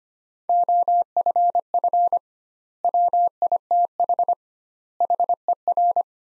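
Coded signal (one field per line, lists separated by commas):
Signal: Morse code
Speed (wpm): 25 wpm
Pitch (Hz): 700 Hz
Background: none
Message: OFF WITH HER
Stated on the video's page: Practice sentences from top 300 words at 25 wpm with 2x word-spacing, a word-based approach analogous to Farnsworth.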